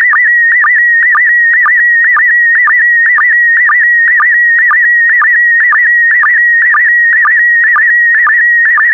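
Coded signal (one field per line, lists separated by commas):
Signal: SSTV (slow-scan television)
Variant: PD120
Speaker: complete. You can now check your decoded image against the picture that is shown on the video.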